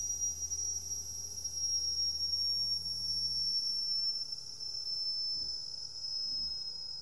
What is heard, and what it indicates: Hospital Ventilator Compressor Prime Up.